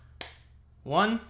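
A first corner of a Benks Armor Pro protective phone case is pressed onto a black titanium iPhone 15 Pro Max and snaps in with a sharp click at 0.2 s. Someone then talks. The corner is seated with a secure click.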